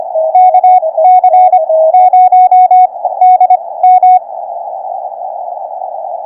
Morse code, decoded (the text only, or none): KC0DM